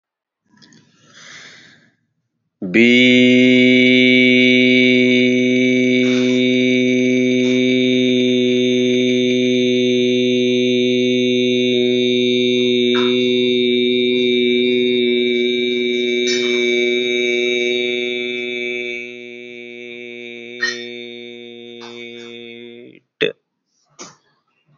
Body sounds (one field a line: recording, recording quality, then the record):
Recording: sustained vowel as in beet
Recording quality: excellent, no background noise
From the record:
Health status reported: healthy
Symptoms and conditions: none ticked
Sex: male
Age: 36 years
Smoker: not ticked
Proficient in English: yes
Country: India